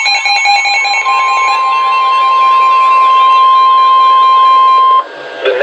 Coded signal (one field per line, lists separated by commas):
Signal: Emergency Alert System (SAME) tones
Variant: 1050 Hz attention tone